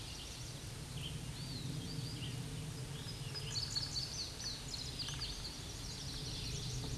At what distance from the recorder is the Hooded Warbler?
about 5 m